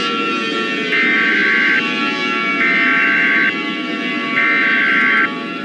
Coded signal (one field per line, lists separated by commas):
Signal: Emergency Alert System (SAME) tones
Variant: header bursts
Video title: EAS Scenario - Fall of the USA: REMASTERED